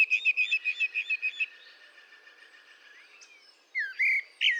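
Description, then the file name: Common blackbird calls: a fast run of loud, clipped notes lasting about one and a half seconds, a quieter stretch, then a few louder, sharper notes near the end. "Turdus merula"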